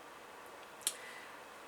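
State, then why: Seated. A contact pin is pushed by hand, with no hammer or screwdriver, into the housing of an RC battery plug connector. A single sharp tick at 0.9 s shows it clipping into place by itself and seating fully. Faint low noise fills the rest of the clip.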